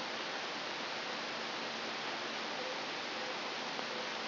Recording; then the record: brain microelectrode recording played as sound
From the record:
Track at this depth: inside the subthalamic nucleus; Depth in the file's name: 1.154 mm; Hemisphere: right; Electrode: 3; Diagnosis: Parkinson's disease